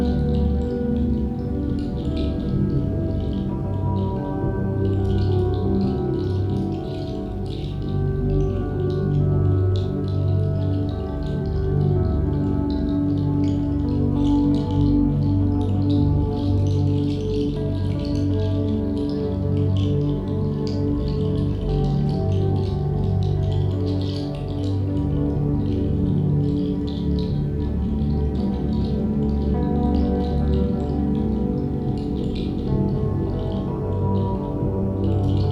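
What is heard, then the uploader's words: Instruments tuned to 432 Hz hold a dense bed of sustained, overlapping tones, rich and warm in the low and middle range. The sound stays steady and even throughout, with a soft, flickering shimmer ringing above it like struck metal bowls. Throughout the sound bath, you will be surrounded by the soothing and healing sounds of instruments tuned to the healing frequency of 432 Hz.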